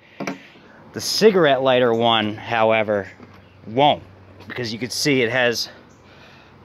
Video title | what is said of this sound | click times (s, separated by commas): How to add a cigarette lighter to a 2011-2013 Chevy Silverado, GMC Sierra (2007-2013 complete) | doesn't have any prongs so it slides right through and clicks in place | 0.3 s